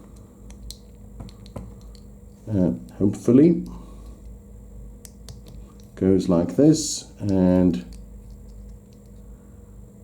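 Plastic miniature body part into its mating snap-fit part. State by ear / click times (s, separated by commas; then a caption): not seated / none. Two plastic push-fit pieces of an Age of Sigmar miniature, a body part and its mating snap-fit part, are handled and lined up while someone talks. Small light ticks of plastic contact are heard around 0.5–2.0 s and again near 5.0–5.8 s. Nothing has seated or clicked yet; the part is not home by the end of the clip.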